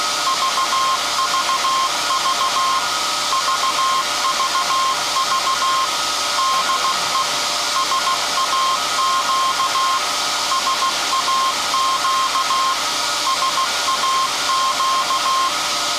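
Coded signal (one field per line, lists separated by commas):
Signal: Morse code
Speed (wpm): 15 wpm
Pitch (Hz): 1060 Hz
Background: none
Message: VVV VVV DE SAQ SAQ SAQ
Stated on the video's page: Alexanderson Alternator SAQ from 1924 at Grimeton, live startup and telegraphing of a message; no transmission over the antenna possible.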